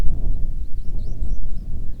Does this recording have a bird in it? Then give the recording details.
yes. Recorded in the Prudhoe Bay oil fields, Alaska, on 10 July 2019 at 09:25. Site 11